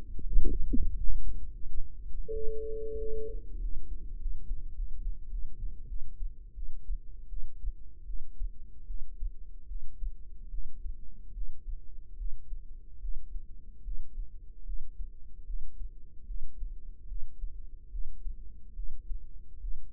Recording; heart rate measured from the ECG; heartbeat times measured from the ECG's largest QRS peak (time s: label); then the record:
heart sounds by microphone in the right ear; 81 bpm
0.22 s: heartbeat
0.95 s: heartbeat
1.66 s: heartbeat
2.31 s: heartbeat
2.97 s: heartbeat
3.60 s: heartbeat
4.18 s: heartbeat
4.74 s: heartbeat
5.30 s: heartbeat
5.87 s: heartbeat
6.55 s: heartbeat
7.28 s: heartbeat
8.05 s: heartbeat
8.86 s: heartbeat
9.67 s: heartbeat
10.50 s: heartbeat
11.33 s: heartbeat
12.17 s: heartbeat
13.00 s: heartbeat
13.83 s: heartbeat
14.65 s: heartbeat
15.45 s: heartbeat
16.26 s: heartbeat
17.07 s: heartbeat
17.90 s: heartbeat
18.75 s: heartbeat
19.60 s: heartbeat
From the record:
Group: healthy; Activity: breath hold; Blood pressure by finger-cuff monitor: 106/67 mmHg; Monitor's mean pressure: 78 mmHg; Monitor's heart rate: 74 bpm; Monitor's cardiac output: 6.3 L/min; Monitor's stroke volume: 83 mL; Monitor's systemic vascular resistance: 900 dyn s/cm5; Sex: female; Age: 19 years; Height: 163 cm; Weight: 48.9 kg